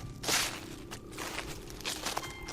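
Footsteps of four people walking out of a forest land at an uneven pace, each a soft, broad scuffing crunch, over a steady low rumble with no voices.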